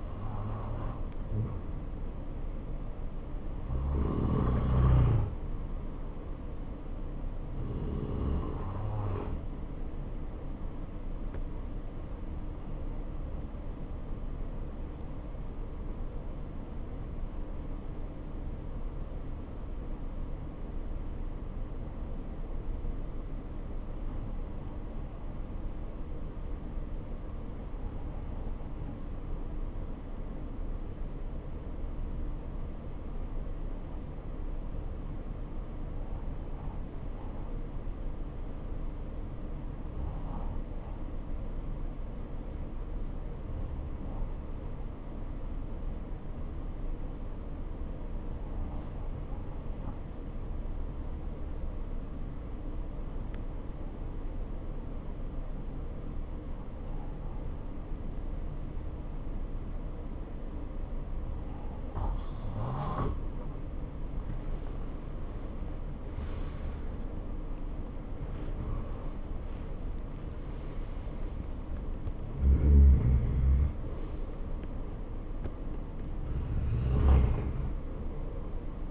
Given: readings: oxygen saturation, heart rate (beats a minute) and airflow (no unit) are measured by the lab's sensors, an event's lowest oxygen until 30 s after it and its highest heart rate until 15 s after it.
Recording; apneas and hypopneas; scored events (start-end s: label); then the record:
breathing in sleep by a smartphone at the bedside; 1
12.00-65.30 s: obstructive apnea (REM, oxygen 93% highest, then 80% lowest, heart rate 68 at the start, 86 highest)
From the record:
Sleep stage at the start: REM sleep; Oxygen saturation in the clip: 82 to 93%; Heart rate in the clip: 63 to 86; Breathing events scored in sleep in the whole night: 277 in 7.4 hours asleep